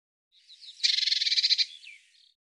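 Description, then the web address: Bird producing one dry, buzzy rattle of fast pulses, preceded and followed by a few faint soft notes. "cianscape birddata Deverinetal 2025 File cleaned normalized Bird Cy Ca"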